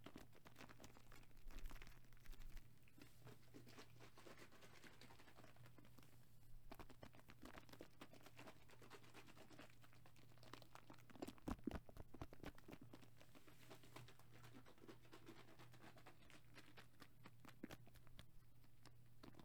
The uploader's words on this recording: ASMR Liquid Shaking Heaven.